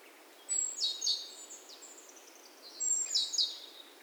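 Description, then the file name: Great tit giving two bursts of high, sharp chattering notes, each opening with a thin piercing whistle, separated by a quieter run of soft high notes. "Parus major"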